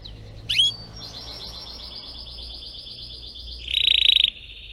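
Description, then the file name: Canary (Spanish Timbrado): canary song: a sharp note, then a soft, steady pulsed trill, ending with a louder, harsh buzzy burst over a low background rumble. Song of a Spanish Timbrado canary, called 'canário belga' in the Portuguese source. "canto do canario belga timbrado espanhol"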